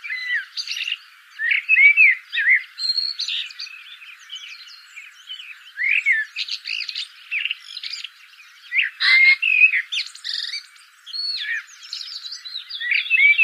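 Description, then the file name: Common blackbird singing: fluty whistled notes mixed with many squeaky, chattering high twitters. "Turdus merula"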